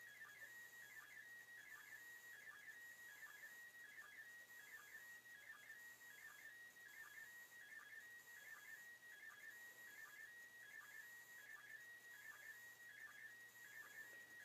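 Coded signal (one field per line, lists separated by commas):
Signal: SSTV (slow-scan television)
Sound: steady high warbling tone broken by quick regular chirps and blips, repeating every fraction of a second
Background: radio static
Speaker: Still nice strong signal.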